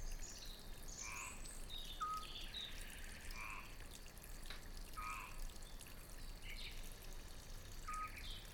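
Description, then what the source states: A frog giving several short croaks, with sharp bird chirps and continuous running water throughout. Recorded at a country fountain, with birds calling too.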